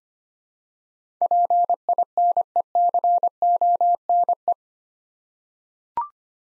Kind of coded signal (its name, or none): Morse code